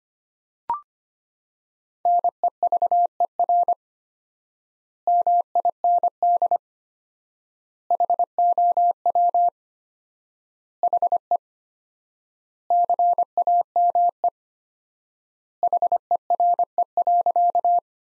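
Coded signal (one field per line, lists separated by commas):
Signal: Morse code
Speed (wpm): 25 wpm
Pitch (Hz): 700 Hz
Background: none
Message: NEVER MIND HOW HE CAME HERE.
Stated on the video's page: Morse practice sentences from the top 500 words at 25 wpm with 4x standard word spacing, a Farnsworth-like method applied to words.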